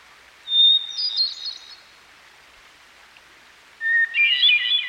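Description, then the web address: Hermit thrush giving two song phrases a few seconds apart, the first high, the second lower, each a held whistle leading into a flutey tumble, over flowing water. By a stream. "Dan Gibson Songbirds By The Stream. Hermit Thrush"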